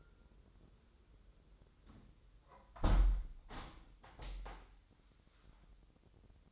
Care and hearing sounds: daily activity, microphone in the room; close window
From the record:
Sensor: 3

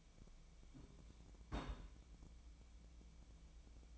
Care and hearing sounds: daily activity, microphone in the room; place on stove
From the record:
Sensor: 1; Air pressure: 1010.0 hPa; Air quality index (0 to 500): 187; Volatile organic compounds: 17 ppm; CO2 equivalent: 2564 ppm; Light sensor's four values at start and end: 37/94/39/48 and 37/94/39/48

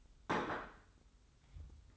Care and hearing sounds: daily activity, microphone in the room; place plate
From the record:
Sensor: 3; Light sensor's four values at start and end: 40/95/38/36 and 40/95/38/36

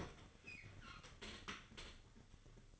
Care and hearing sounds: daily activity, microphone in the room; open fridge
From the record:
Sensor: 4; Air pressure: 1008.6 hPa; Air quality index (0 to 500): 74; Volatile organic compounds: 1 ppm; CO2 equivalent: 629 ppm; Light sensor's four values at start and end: 13/29/12/12 and 12/27/11/11

